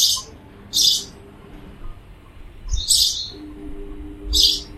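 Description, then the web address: Bird giving four scratchy, high-pitched chirps at uneven intervals, each a brief noisy burst, above a soft low background hum. "cianscape birddata Deverinetal 2025 Bird Only Pa Do"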